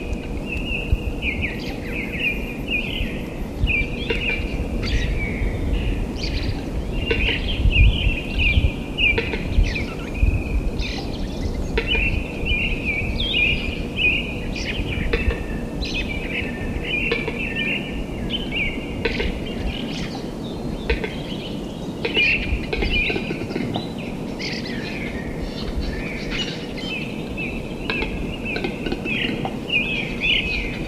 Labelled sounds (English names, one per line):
Western Capercaillie